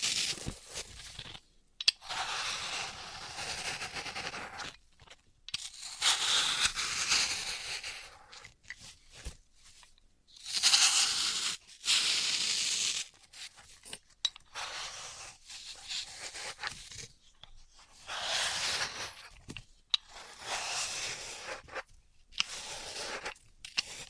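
Floral foam is crushed and cut in bursts of crisp, hissing crumbling, broken by short silences and a few sharp clicks near two and twenty seconds.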